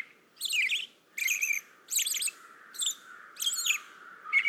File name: American Robin